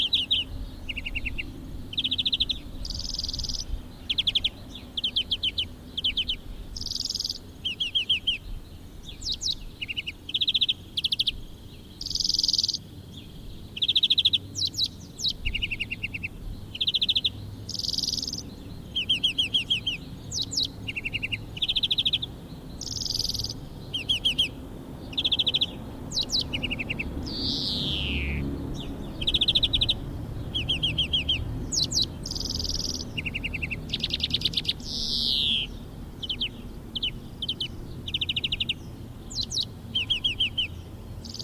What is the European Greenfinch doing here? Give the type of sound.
song